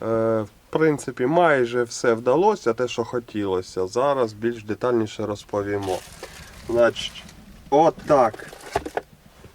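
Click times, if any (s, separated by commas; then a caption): 9.0 s. Someone talks while a new electronic display unit with an interface and Bluetooth is pushed into its holder on a tractor. A sharp click at 9.0 s marks the unit snapping into place, seated in its mount.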